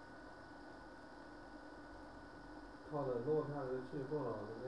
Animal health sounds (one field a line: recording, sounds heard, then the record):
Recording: poultry house recording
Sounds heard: no chicken sound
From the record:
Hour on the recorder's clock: 6